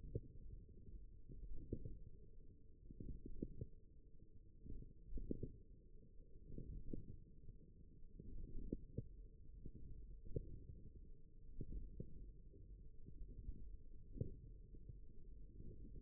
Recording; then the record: forearm muscle sounds (acoustic myography)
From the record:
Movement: radial deviation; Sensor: system 1, eight BSWA MPA416 microphones around the upper forearm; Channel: 3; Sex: male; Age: 54 years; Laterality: right